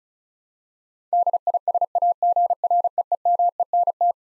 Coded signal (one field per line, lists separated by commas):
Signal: Morse code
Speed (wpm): 34 wpm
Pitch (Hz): 700 Hz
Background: none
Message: DISAGREEMENT